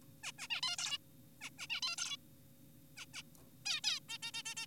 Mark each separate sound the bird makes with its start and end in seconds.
0.23-0.32, 0.39-0.47, 0.51-0.61, 0.63-0.77, 0.79-0.98, 1.41-1.50, 1.59-1.67, 1.70-1.81, 1.83-1.96, 1.98-2.17, 2.97-3.06, 3.14-3.23, 3.66-3.81, 3.84-4.00, 4.09-4.18, 4.23-4.31, 4.34-4.43, 4.46-4.55, 4.57-4.66